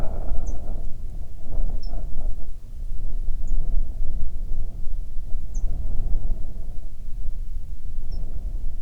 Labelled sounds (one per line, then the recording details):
songbird
wind
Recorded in the Prudhoe Bay oil fields, Alaska, on 9 June 2019 at 16:21
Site 21